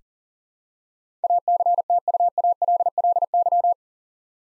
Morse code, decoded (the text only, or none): ACTUALLY